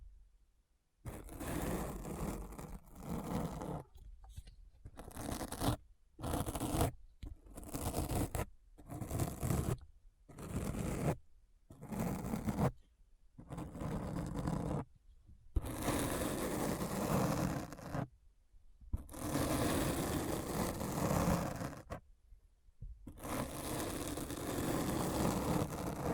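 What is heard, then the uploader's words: Scratching sounds come in a run of short, dense bursts, each lasting about half a second to a second, separated by brief silences. The scraping is full and gritty from low to bright, with longer, rougher strokes after about fifteen seconds. ASMR Deep Brain Scratch (No Talking).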